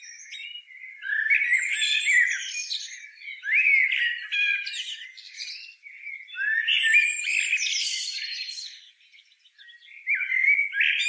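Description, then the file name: Eurasian blackbird giving a run of fluty, warbling phrases with squeaky high flourishes, then a short silence before another phrase begins. "Turdus merula"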